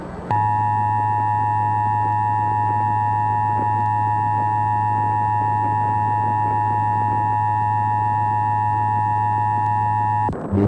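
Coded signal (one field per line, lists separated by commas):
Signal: Emergency Alert System (SAME) tones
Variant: 853 and 960 Hz attention tone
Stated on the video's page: Mock required monthly test with tones encoded later, carrying a wrong start date and an 8-digit hidden easter egg in the encoded data.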